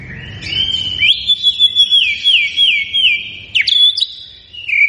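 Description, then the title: White-rumped shama song: a long sustained warbling whistle with rhythmic wavering pulses, followed by sharp downward slurs and a final short whistle. Lure recording played to make the bird respond; described as gacor, meaning singing continuously and energetically. "PANCINGAN MEWAH MURAI BATU GACOR, SEKALI DENGAR AMPUH LANGSUNG RESPON"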